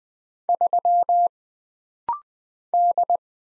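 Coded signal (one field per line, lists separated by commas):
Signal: Morse code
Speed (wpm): 20 wpm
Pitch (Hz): 700 Hz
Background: none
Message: 3 D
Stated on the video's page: Morse practice at 20 wpm: rapid-fire single letters, numbers, punctuation and prosigns, each sent twice for instant character recognition drill.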